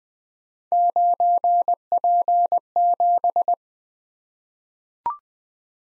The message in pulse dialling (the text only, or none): none